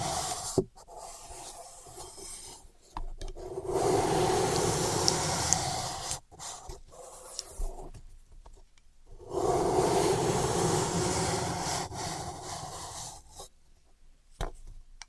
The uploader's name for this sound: Dry vs Wet Floral Foam Tapping, Cutting and Crushing